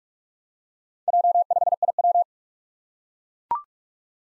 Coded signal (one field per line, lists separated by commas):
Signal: Morse code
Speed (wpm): 44 wpm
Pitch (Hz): 700 Hz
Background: none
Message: J5IW